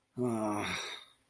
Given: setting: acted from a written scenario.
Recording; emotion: vocal sound without words; shame